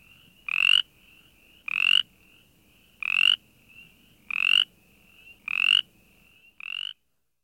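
Brimley's chorus frog producing repeated harsh, grating calls about every 1.2 seconds, with faint weaker notes between, ending on a shorter quieter call.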